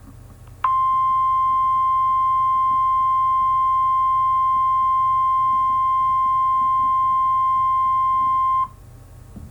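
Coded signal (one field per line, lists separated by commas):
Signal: Emergency Alert System (SAME) tones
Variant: 1050 Hz attention tone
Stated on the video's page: Fictional EAS scenario; the tones may or may not be valid.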